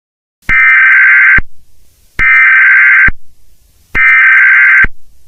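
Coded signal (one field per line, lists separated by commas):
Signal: Emergency Alert System (SAME) tones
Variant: header bursts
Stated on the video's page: Fictional EAS scenario.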